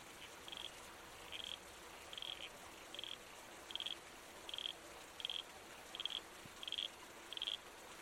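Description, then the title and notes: Red-crowned toadlet calling, short squelchy notes repeated steadily about every 0.8 seconds, roughly ten calls, over a constant hiss of running water. At night beside a babbling creek in the bush, with trees swaying in the wind. "Red-Crowned Toadlet. Nocturnal Worlds. Australian Museum"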